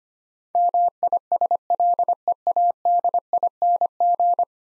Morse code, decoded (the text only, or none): MISLEADING